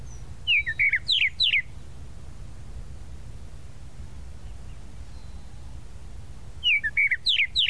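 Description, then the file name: Tropical mockingbird giving a short phrase of four sharp downslurred whistles, then silence for several seconds before repeating a very similar phrase. "Canto-do-Sabiá-da-Praia"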